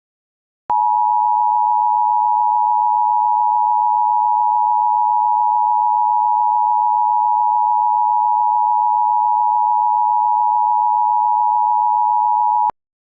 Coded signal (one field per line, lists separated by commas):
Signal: Emergency Alert System (SAME) tones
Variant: 853 and 960 Hz attention tone